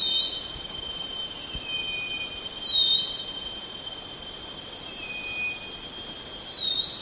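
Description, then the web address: Black-capped babbler giving faint whistled calls, a rising slurred note and a level drawn-out whistle recurring every few seconds beneath continuous shrill insect buzzing. Recorded on 1 May 2007. "PJGNGLUMUT. 20070501. black-capped babbler"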